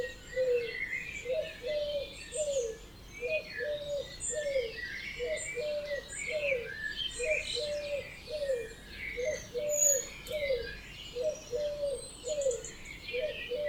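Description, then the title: Birds in a dawn chorus, a low rhythmic cooing phrase repeated steadily throughout beneath many high, busy chirping songs from other birds. Dawn chorus recorded at 4am in Oberhofen, Inntal, Austria; binaural recording, best heard with headphones. "Birds Oberhofen Inntal Austria - 4am - binaural version"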